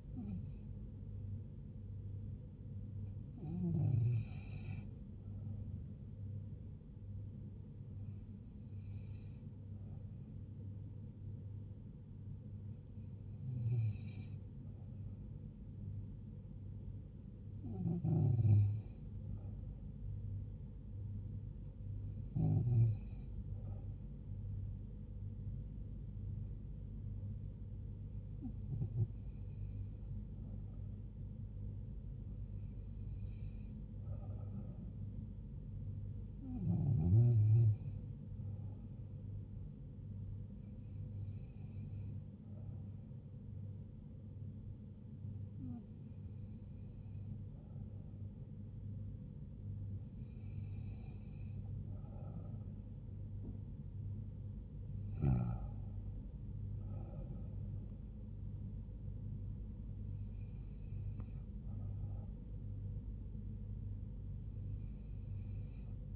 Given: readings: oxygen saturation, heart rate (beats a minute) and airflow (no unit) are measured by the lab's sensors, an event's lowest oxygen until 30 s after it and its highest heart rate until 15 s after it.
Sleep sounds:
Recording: breathing in sleep by a smartphone at the bedside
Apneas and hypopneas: none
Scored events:
none scored
From the record:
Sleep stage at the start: N2 (light sleep)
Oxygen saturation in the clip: 93 to 94%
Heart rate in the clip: 70 to 78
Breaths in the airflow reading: 16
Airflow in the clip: -3.4 to 4.0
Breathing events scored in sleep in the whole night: 158 in 7.3 hours asleep

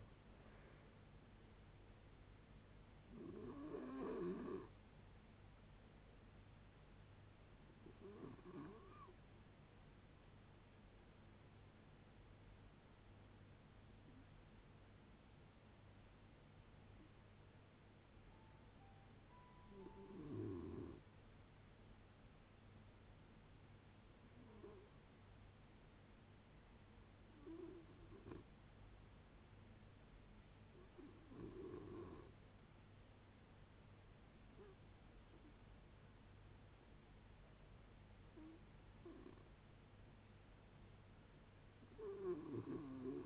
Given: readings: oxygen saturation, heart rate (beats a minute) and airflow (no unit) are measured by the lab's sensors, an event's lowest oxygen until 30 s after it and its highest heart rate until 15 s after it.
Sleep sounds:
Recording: a person awake in a sleep study, by a voice recorder at the bedside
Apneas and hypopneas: none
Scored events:
0.00-43.26 s: awake
0.00-43.26 s: awake
From the record:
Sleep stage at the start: awake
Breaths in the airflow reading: 15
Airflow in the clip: -0.7 to 0.6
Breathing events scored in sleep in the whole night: 496 in 5.4 hours asleep

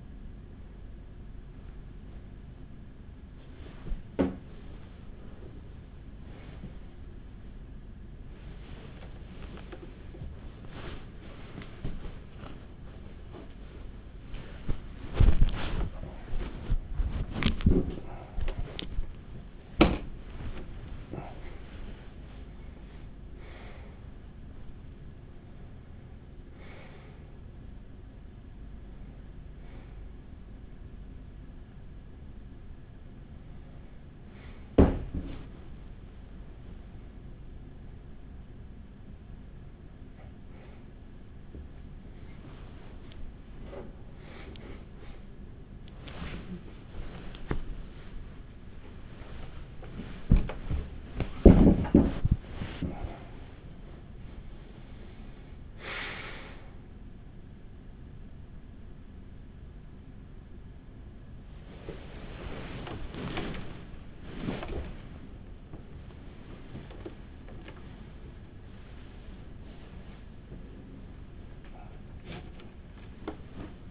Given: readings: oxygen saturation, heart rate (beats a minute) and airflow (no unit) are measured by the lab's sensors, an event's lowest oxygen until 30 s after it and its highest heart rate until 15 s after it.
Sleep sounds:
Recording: a person awake in a sleep study, by a smartphone at the bedside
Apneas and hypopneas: none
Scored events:
0.00-73.90 s: awake
From the record:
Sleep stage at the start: awake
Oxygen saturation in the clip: 93 to 97%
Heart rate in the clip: 37 to 68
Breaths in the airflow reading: 21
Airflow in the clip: -13.0 to 9.5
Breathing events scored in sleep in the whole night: 207 in 7.6 hours asleep

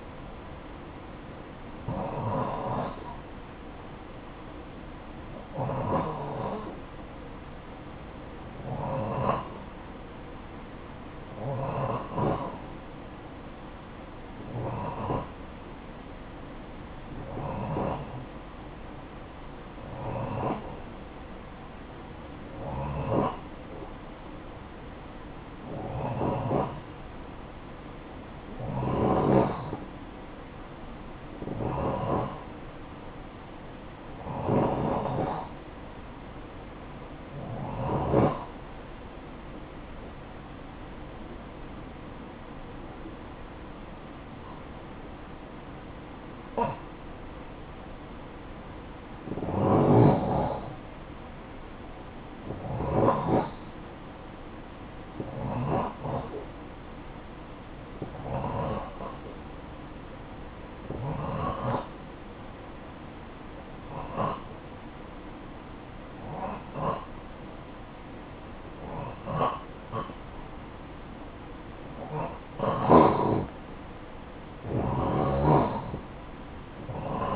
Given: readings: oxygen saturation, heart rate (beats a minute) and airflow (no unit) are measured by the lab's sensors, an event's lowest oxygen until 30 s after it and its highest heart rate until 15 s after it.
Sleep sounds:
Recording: breathing in sleep by a voice recorder at the bedside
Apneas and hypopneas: 1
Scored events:
34.00-71.80 s: hypopnea (N3, oxygen 92% highest, then 88% lowest, heart rate 60 at the start, 60 highest)
46.00-77.36 s: new sleep stage, N2 (light sleep)
From the record:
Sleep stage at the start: N3 (deep sleep)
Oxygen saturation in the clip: 89 to 92%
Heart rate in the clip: 51 to 60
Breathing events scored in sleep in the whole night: 573 in 9.8 hours asleep

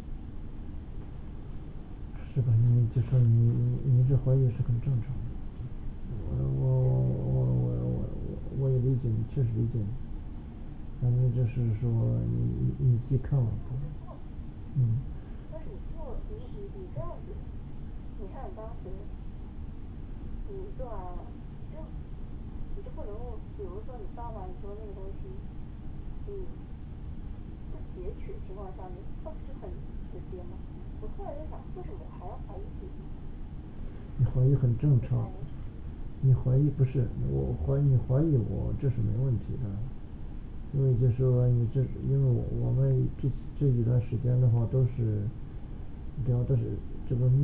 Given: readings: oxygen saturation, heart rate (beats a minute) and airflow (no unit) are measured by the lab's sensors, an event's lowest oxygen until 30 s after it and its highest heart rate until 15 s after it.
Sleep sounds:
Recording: a person awake in a sleep study, by a smartphone at the bedside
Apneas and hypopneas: none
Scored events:
0.00-47.44 s: awake
From the record:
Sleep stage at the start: awake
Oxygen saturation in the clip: 95 to 97%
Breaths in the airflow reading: 11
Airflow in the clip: -7.1 to 6.0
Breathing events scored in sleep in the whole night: 216 in 7.0 hours asleep

